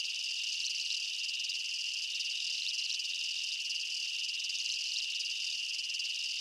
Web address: Blastwave INSECTS Amb Night Jungle. ambience insects chirps night jungle bugs